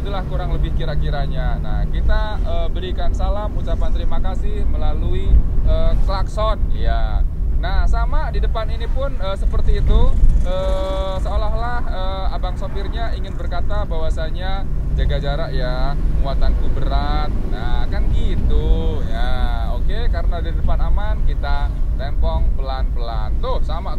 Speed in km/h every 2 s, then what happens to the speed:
35, 39, 41, 37, 30, 29, 31, 35, 38, 39, 34, 30.
0-5 steady at about 39. 5-8 brakes to 30. 10-18 speeds up to 39. 18-21 slows to 30.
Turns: none.